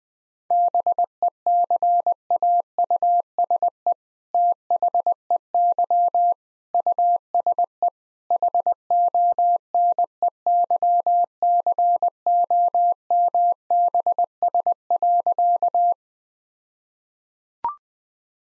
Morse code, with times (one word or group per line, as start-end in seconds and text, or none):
0.5-3.9 BECAUSE
4.3-6.3 THEY
6.7-7.9 USE
8.3-15.9 HONEYCOMBS.